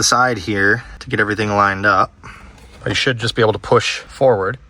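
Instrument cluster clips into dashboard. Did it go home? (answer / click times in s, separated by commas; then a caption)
no / none. Someone talks while lining up the instrument cluster of a 1999–2004 Jeep Grand Cherokee (WJ) with the dash, ready to push it forward so its plastic clips snap in, two on each side, top and bottom. Nothing has seated or clicked yet in this clip; only speech is heard.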